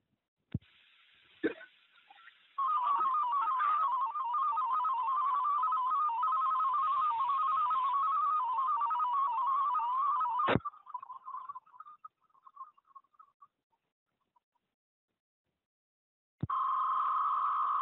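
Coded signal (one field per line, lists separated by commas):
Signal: multi-tone FSK (Olivia or MFSK type)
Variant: DominoEX 22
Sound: rapid warbling tone hopping between nearby pitches around 1 kHz, with hiss and clicks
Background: radio static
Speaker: I'm going to attempt a live demo of the Domino EX from the Multimode Transmitter to a radio across the room, hooked into my computer, decoded by FLDIG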